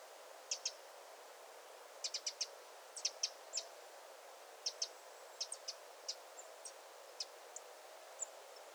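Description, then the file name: Eurasian wren giving thin, high ticking notes, singly or in quick runs of two to four, scattered throughout against a soft, steady background hiss. "Troglodytes troglodytes"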